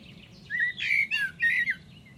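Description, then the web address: Bird calls: a short run of a few squeaky, slurred chirps, some rising then falling, over a soft low hum. "Deverinetal. Bird Only"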